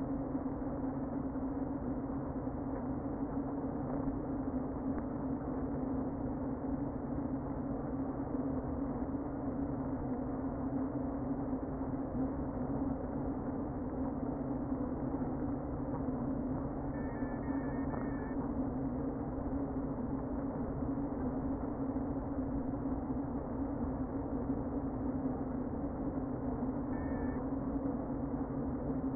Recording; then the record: honeybee colony, microphone inside the hive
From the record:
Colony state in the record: queen present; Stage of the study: before two queens were removed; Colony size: about 60,000 bees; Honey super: yes